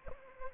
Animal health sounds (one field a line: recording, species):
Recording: mosquito wingbeat signal from an infrared sensor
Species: Anopheles arabiensis